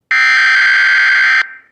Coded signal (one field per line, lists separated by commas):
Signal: Emergency Alert System (SAME) tones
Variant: header bursts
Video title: Preformers From Outer Space (Alternate Dimension) | Mini EAS Scenario